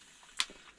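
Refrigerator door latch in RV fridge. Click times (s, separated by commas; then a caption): 0.4 s. An RV refrigerator door is pushed closed until its latch catches, with a single sharp, bright click at 0.4 s followed by a faint lower knock just after. The latch seats and the door is shut, the click being the sign that it has closed properly.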